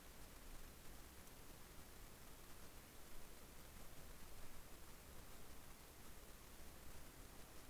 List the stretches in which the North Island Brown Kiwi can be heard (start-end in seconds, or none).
none